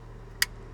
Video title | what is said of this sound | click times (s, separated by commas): AGA Tools Ford Mobile Service Kit in use | it tightens the plug when you hear the click to 1.8 Newton met | 0.4 s